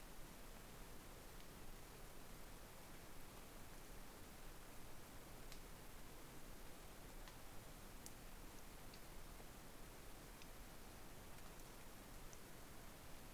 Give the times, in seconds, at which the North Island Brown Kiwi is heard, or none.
none